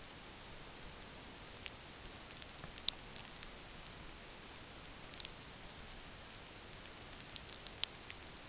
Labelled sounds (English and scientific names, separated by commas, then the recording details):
none
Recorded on Arctic tundra, site NAIT-1, on 27 June 2019
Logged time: 20:00